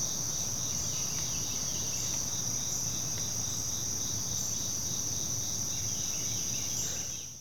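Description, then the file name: Crickets chorusing, a dense, unbroken high buzzing trill that holds steady throughout and then fades out at the very end. Continual cricket chorus in a forest ambience, with other insects. "kevin boucher nature forest ambience continual chorus crickets other insects birds"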